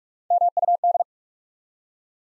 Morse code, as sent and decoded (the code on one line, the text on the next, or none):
-- ..- -..
MUD